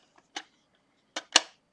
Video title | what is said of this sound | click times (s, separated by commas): STREAM: Unboxing and swatching two Schmincke palettes | yeah, the click sounds nice, but it's not that secure. | 1.4 s